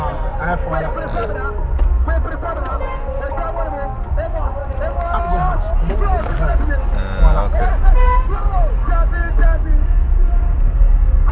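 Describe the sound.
A busy town street in Ghana: steady traffic rumble, passing vehicles and the overlapping chatter of many voices, with occasional clopping hoofbeats mixed into the constant, fairly loud hubbub.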